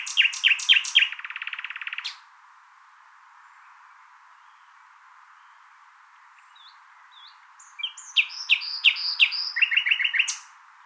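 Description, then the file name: Common nightingale singing: loud clicking notes running into a buzzy rattle, a long silent pause with soft upslurred notes, then a varied burst of chattering whistles and trills. "Luscinia megarhynchos"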